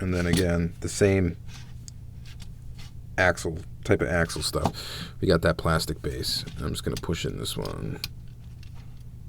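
A plastic wheel axle on a diecast lowrider model car is handled against its plastic base, ready to be pushed in, while someone talks. Faint clicks and handling sounds are heard under the speech, but nothing has seated or clicked yet.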